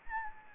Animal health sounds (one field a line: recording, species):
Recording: mosquito wingbeat signal from an infrared sensor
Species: Anopheles gambiae